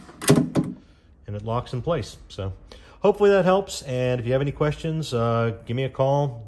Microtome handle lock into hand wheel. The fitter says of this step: once again lock it and it locks in